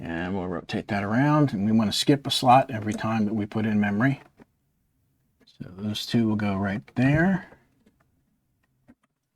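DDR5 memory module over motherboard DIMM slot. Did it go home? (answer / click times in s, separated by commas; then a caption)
no / none. Someone talks while a second DDR5 memory module is rotated and lined up over a motherboard DIMM slot, skipping a slot, before being pressed home. Only a few faint ticks are heard near the end, and the module has not clicked or latched into place yet.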